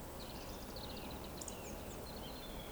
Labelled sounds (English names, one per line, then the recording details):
Eurasian Woodcock whistle
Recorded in Baden-Württemberg, Germany, on 23 June 2020 at 20:08 UTC
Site 14569, 102 m above sea level